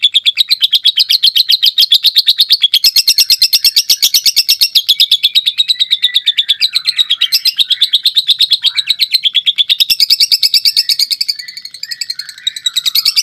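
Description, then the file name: Lovebird delivering a long rapid trill, a steady stream of fast high pulsed notes with slight pitch wavering, running throughout. Lovebird performing ngekek panjang, a long trill song style. "lovebird prestige"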